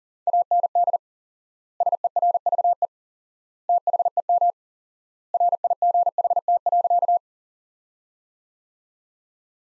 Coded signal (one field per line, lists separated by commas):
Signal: Morse code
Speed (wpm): 40 wpm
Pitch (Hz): 700 Hz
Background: none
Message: AND SERVE THEM RIGHT.